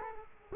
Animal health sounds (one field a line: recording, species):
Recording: mosquito wingbeat signal from an infrared sensor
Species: Culex quinquefasciatus